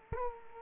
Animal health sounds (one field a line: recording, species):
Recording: mosquito wingbeat signal from an infrared sensor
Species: Culex quinquefasciatus